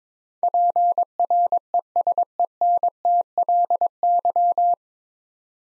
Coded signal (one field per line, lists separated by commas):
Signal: Morse code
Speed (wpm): 22 wpm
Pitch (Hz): 700 Hz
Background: none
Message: PRESENTLY